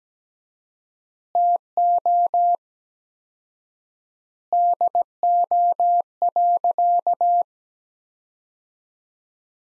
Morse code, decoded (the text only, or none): TO DO.